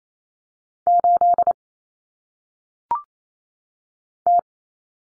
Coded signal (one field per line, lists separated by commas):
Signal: Morse code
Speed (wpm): 28 wpm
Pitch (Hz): 700 Hz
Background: none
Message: 8 T